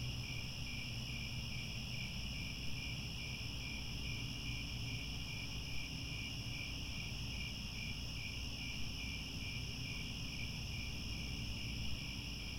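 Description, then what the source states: Crickets chirping in a steady chorus, pulsed high chirps repeating rapidly over layered continuous trilling, with a low constant rumble underneath. Chorus of crickets at twilight as the sun sets.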